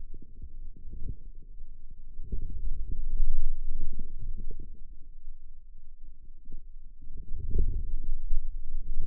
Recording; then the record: forearm muscle sounds (acoustic myography)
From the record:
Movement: outward rotation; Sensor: system 2, bracelet of six BSWA MPA416 microphones around the upper forearm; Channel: 2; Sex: male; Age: 22 years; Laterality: right